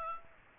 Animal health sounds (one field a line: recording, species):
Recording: mosquito wingbeat signal from an infrared sensor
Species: Aedes aegypti